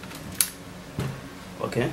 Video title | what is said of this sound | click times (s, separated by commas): HOW TO INSTALL RAM ON DESKTOP COMPUTER | order to make sure that it's seated where you hear some sound when you put it okay | 0.4 s